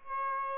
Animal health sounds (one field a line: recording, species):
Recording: mosquito wingbeat signal from an infrared sensor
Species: Aedes aegypti